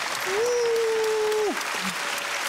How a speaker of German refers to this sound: Also, großer Applaus erstmal für euch.